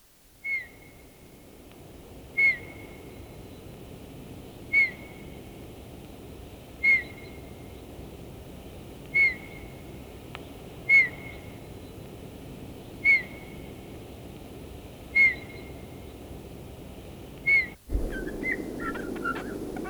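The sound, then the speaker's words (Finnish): A bullfinch gives its soft, piping whistled 'dy' calls, about nine single notes spaced evenly a couple of seconds apart, each short and mid-pitched, over a faint hiss that turns noisier at the end. “Kutsujani on pehmeä vihellys dy.”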